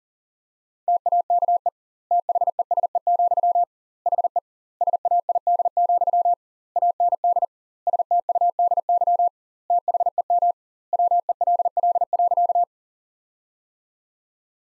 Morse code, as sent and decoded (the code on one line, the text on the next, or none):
- .- -.- . / - .... . ... . --..-- / .... . / ... .- .. -.. --..-- / .- -. -.. / ... - ..- -.. -.-- / - .... . -- / .-- . .-.. .-.. .-.-.-
TAKE THESE, HE SAID, AND STUDY THEM WELL.